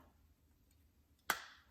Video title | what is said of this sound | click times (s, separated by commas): Yamaha Grizzly 350 wont start / idle / rev up - FULL Carburetor Clean / Carb Rebuild | That should snap into place. | 1.3 s